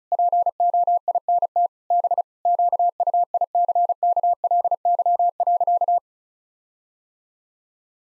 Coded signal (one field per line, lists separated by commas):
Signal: Morse code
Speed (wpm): 36 wpm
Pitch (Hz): 700 Hz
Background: none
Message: POINT B QUICKLY.